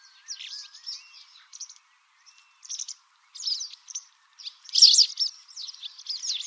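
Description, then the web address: White wagtail calls: bright, sharp chirping notes in uneven bursts, with a pause near two seconds and the loudest cluster around five seconds. "cianscape birddata Deverinetal 2025"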